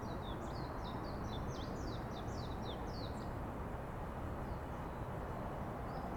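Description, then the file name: Bird song, a fast series of high, down-slurred chirps lasting about three seconds, with constant low background rumble. Birds singing in a forest. "freesound singing birds in the forest"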